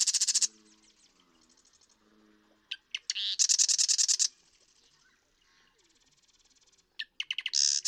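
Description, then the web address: Marsh Wren song: loud, high rattling trills repeated several times, separated by softer ticking chatter and brief pauses. "birdsongforthecurious Marsh Wren"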